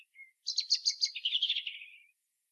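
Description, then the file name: European robin giving a short high note, then a series of pulsed chirps running into a descending, rippling trill. "Erithacus rubecula"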